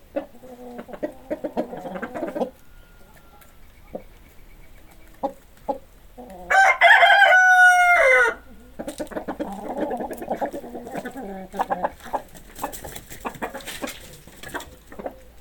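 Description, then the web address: Chickens clucking steadily, broken by a rooster's loud harsh crow lasting about two seconds, then more clucking from a flock. "hobokenchicken kira. chickens"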